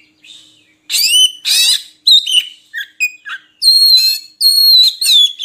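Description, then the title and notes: Oriental magpie-robin song mixing harsh scratchy bursts, short whistled notes and long clear sustained whistles, loud and varied. Long-duration magpie-robin (kacer) song used as training material (isian) to get birds singing actively (gacor) day and night. "Kacer Jadi Gacor Siang Malam. Isian Kacer Durasi Panjang"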